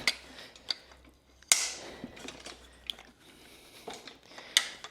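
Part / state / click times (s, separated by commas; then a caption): adjustment pin into the frame holes of a gym machine / not seated / none. Someone pushes the spring adjustment pin of an Extreme Fitness pec fly / lateral raise machine against the holes of its metal frame, making sharp metallic knocks at about 0.1, 0.7, 1.5, 2.9 and 4.6 s, with a fainter one near 2.3 s. The pin has not clicked into the hole; the holes are too small and need to be bigger.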